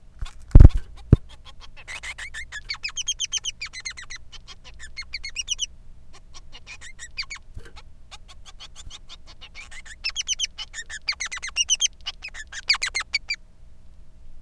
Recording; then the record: song of a male Bengalese finch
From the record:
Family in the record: son of father 3